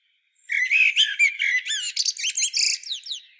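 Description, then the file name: Common blackbird, one long continuous phrase beginning with low whistled notes and breaking into fast high twitters and scratchy chirps. "Turdus merula"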